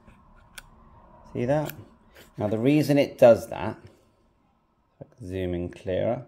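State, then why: Seated. The folding leg on the side handle of a small Xiegu X6100 radio transceiver is swung until its spring-loaded ball bearing detent gives a short, sharp click at 0.6 s as it snaps into its locked position. Afterward, someone talks, and a fainter short tick is heard at 5.0 s. The leg is seated and locked in place.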